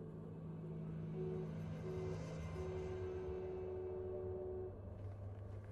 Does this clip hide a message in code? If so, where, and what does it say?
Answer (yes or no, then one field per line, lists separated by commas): no